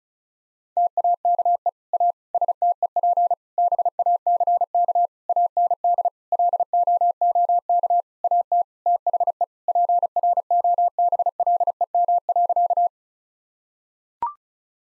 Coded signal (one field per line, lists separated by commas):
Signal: Morse code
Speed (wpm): 36 wpm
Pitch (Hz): 700 Hz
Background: none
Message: TAKE A STEP BACK AND LOOK AT THE PROBLEM.